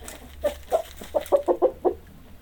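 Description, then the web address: A chicken gives a brief series of several short clucks. "hobokenchicken animals chickens"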